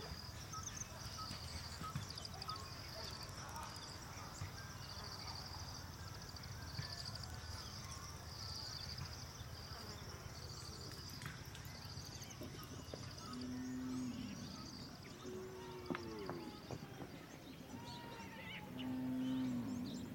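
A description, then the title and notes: A rural ambience in Africa, with a steady, shrill insect drone pulsing high above a low, constant rumble. Scattered knocks and faint voices pass in the background, and a low drawn-out call sounds near thirteen seconds and again near the end. Human Africa is a collection of authentic ambiences recorded in rural and urban locations across various countries in Africa.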